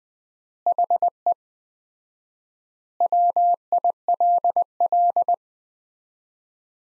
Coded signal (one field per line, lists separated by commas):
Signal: Morse code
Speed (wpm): 20 wpm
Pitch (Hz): 700 Hz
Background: none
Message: HE WILL